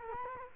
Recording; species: mosquito wingbeat signal from an infrared sensor; Culex quinquefasciatus